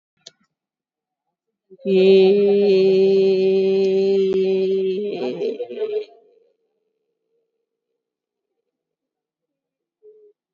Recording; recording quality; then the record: sustained vowel as in made; excellent, no background noise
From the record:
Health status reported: COVID-19 positive, moderate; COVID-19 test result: positive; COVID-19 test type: RT-PCR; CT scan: taken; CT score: 17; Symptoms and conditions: cough, cold, fatigue, asthma, hypertension, diabetes, another condition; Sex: female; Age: 56 years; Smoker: no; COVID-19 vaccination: one dose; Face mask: worn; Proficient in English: yes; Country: India